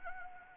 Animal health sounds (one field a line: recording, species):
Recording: mosquito wingbeat signal from an infrared sensor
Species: Anopheles arabiensis